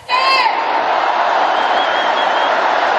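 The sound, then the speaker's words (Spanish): A large crowd cheers and applauds loudly and continuously for a speech repudiating corruption, a dense roar of clapping and voices, with a brief high whistle or shout near the start. “El repudio a la corrupción y su combate se robó la noche y los aplausos.”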